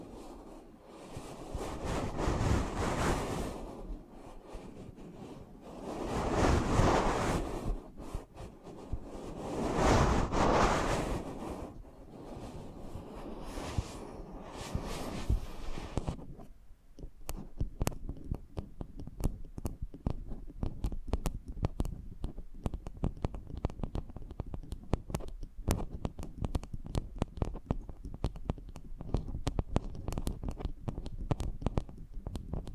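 Soft rubbing and muffled swishing sweep in slow waves for about sixteen seconds, then shift to dense, rapid crackly tapping and scratching.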